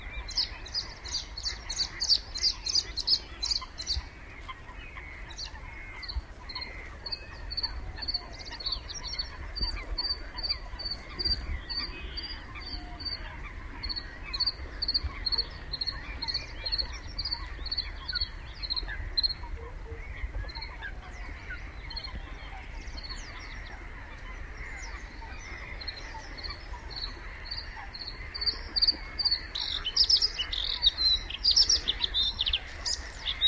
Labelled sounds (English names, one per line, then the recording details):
Bluethroat song
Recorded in the wild
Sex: male
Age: adult
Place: Kützerhof, Kummerower See, Mecklenburg-Vorpommern, DE
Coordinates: 53.8411, 12.8756
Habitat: wetland
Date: 2010-04-13 20:04
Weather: cloudy, ca. 10°C, weak northerly winds
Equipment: Sound Devices 702, Sennheiser MKH 70, Rycote Windschutz
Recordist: Frommolt, Karl-Heinz